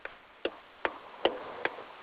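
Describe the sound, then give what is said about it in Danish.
A car turn signal ticks steadily, six crisp, sharp clicks spaced evenly a little under half a second apart, heard alone over a faint background hiss. “Det er et vildt blinklys, det er et meget smukt blinklys.”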